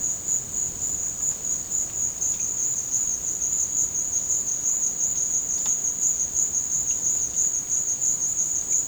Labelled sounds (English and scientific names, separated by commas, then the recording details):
none
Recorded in dense forest near Puerto Asís, Putumayo, Colombia, on 9 March 2025 at 16:00
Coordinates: 0.486, -76.317
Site G053